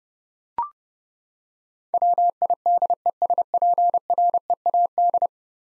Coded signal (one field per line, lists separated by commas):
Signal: Morse code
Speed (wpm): 32 wpm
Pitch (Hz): 700 Hz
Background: none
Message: WIDESPREAD